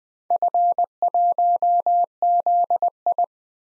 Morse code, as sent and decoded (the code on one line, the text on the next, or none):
..-. .---- --.. ..
F1ZI